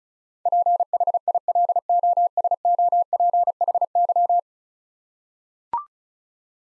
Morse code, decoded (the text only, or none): PHILOSOPHY